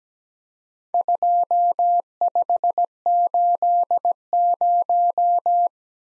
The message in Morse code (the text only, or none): 2580